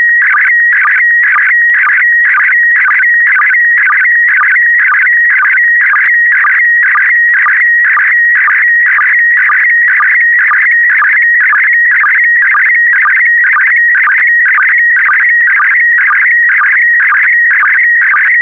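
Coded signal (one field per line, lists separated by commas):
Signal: SSTV (slow-scan television)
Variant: PD120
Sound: warbling, chirping tone around 2 kHz with a steady rhythmic tick about twice a second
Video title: (11 of 12) ARISS 20 Years - Series 7 July 2017 - Retransmission SSTV PD120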